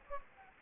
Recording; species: mosquito wingbeat signal from an infrared sensor; Anopheles gambiae